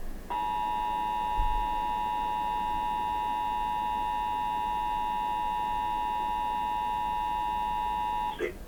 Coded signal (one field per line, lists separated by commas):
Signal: Emergency Alert System (SAME) tones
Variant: 853 and 960 Hz attention tone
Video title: 7 NOAA Required Weekly Tests || 3/6/24 (EAS #2,379-2,385)